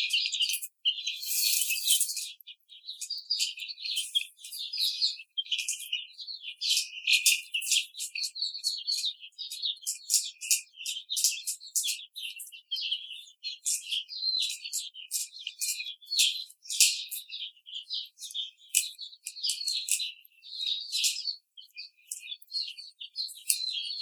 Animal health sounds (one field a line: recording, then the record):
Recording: young laying hens in a cage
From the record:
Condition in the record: treatment cage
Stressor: simulated dog barking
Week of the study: 5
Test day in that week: 1